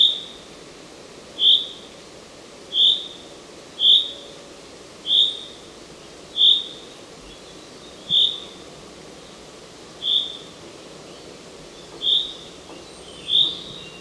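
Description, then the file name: Common chaffinch giving a short, high, clipped whistled note, repeated about every one to two seconds, nine times over a quiet background hiss. "Fringilla coelebs"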